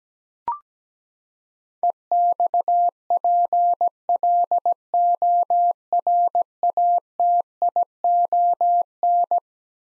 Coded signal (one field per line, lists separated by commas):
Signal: Morse code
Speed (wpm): 17 wpm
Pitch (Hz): 700 Hz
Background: none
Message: EXPLORATION